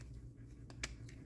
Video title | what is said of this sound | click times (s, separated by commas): Wera tool check plus vs Wera tool check plus 2. What's the difference? Is it worth buying? | where I mean this one kind of just clicks into place, but | 0.8 s